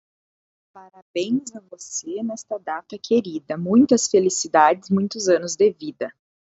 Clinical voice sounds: short text; Brazilian Portuguese; female; 30 to 39 years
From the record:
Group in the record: control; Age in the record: 33 years

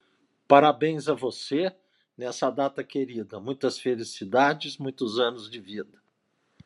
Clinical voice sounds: short text; Brazilian Portuguese; female; 50 to 59 years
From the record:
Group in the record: control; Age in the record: 57 years

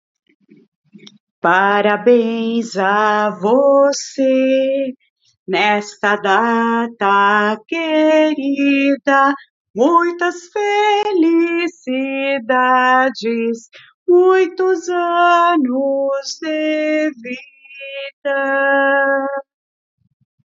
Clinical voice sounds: short text; Brazilian Portuguese; female; 50 to 59 years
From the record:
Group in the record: control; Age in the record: 51 years

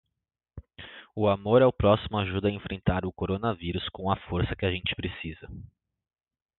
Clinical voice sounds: spoken sentence; Brazilian Portuguese; male; 20 to 29 years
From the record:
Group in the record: control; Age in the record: 26 years

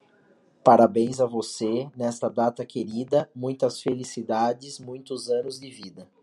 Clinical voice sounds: short text; Brazilian Portuguese; male; 30 to 39 years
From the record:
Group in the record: control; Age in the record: 38 years

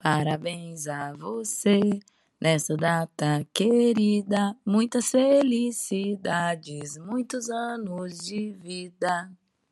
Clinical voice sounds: short text; Brazilian Portuguese; female; 30 to 39 years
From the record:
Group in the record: control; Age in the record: 32 years

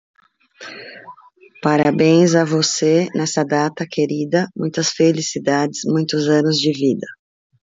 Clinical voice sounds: short text; Brazilian Portuguese; female; 30 to 39 years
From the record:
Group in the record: control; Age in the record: 39 years

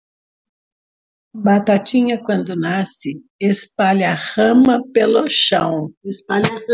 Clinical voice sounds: short text; Brazilian Portuguese; female; 30 to 39 years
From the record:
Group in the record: control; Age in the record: 34 years

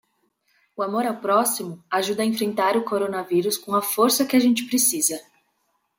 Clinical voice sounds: spoken sentence; Brazilian Portuguese; female; 20 to 29 years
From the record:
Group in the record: control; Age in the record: 26 years

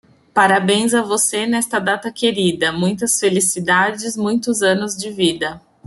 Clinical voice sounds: short text; Brazilian Portuguese; female; 30 to 39 years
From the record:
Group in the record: control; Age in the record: 37 years

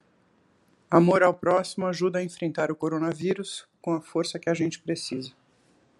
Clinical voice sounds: spoken sentence; Brazilian Portuguese; female; 50 to 59 years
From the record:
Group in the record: control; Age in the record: 51 years

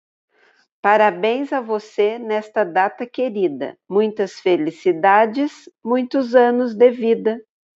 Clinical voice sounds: short text; Brazilian Portuguese; female; 50 to 59 years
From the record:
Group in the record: control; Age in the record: 50 years

